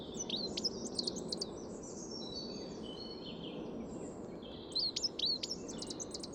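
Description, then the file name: Eurasian blackcap song: a burst of bright whistled and twittering notes, then a short gap, then another phrase near the end, over steady low background noise. "Sylvia atricapilla"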